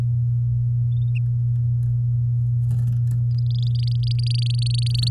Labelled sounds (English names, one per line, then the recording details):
Domestic Canary song
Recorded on 8 May 2018 at 06:10
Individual llb16